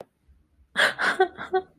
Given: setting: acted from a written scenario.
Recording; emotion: vocal sound without words; distress